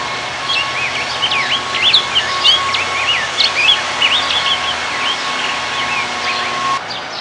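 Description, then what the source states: Rose-breasted grosbeak song, a continuous flowing warble of varied whistled notes lasting about six seconds, over faint steady hum. Recorded in 2006.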